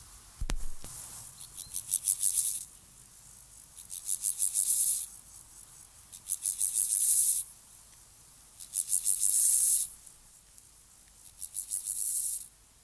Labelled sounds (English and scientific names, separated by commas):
Steppe Grasshopper (Chorthippus dorsatus) stridulation